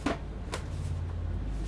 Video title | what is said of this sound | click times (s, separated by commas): 2020 road glide fairing removal #roadglide #fairingremoval #harleydavidson | go up underneath that and this snaps | 0.1 s, 0.5 s